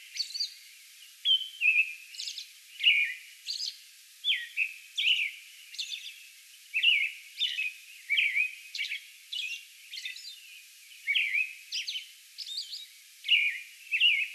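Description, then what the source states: American robin singing a steady run of warbled, slurred phrases, mixing lower caroling notes with high squeaky ones. Song bout recorded on May 11.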